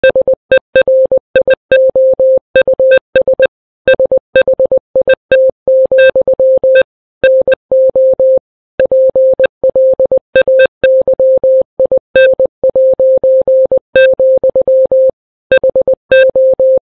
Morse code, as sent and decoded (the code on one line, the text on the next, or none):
... . .-. .. --- ..- ... / ... .... .. - --..-- / -. --- / .--. .-.. .- -.-- .. -. .----. --..-- / .... ---
SERIOUS SHIT, NO PLAYIN', HO